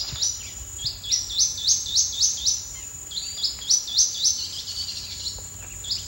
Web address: GLOTIN EXPLOLODGE bird samples xenopsminutus LIFECLEF 2014 BIRDAMAZON